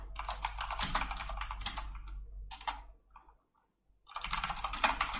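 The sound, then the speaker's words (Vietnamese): Rapid clicking of computer keyboard keys in quick bursts as someone types a comment, pausing briefly to near silence before another flurry of typing resumes; a low steady hum sits underneath throughout. “Đây mình ghi một comment nhé.”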